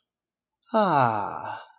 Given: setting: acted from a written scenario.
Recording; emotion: vocal sound without words; contentment